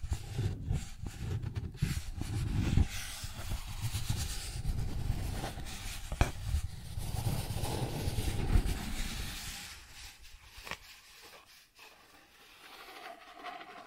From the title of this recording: Cardboard Scratching, Tracing, Tearing